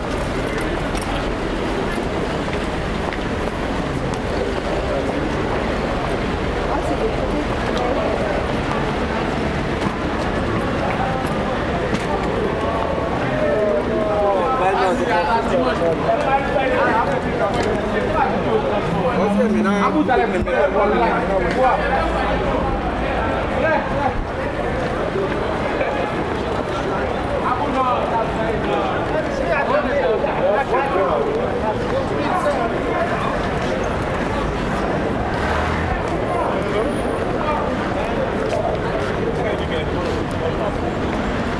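A street scene in Paris, with a steady, dense murmur of many voices talking over one another throughout. Low traffic rumble runs underneath, and brief louder snatches of speech rise out of the crowd now and then, the level staying fairly even across the whole stretch.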